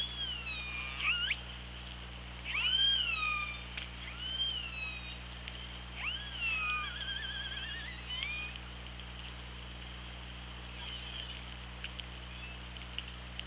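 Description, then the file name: Orca calls underwater: several rising and falling squeals with harmonic bands in the first nine seconds, some wavering, over steady low hum, then quieter. Recorded on the OrcaLab hydrophone, 24 August 2017 at 16:54. "Orca Lab 20170824 165429"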